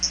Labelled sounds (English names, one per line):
Common Yellowthroat flight call